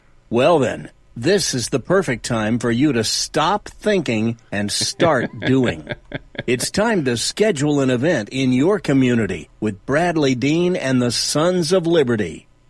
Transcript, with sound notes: Well then, this is the perfect time for you to stop thinking and start doing. (laughter) It's time to schedule an event in your community with Bradley Dean and the Sons of Liberty.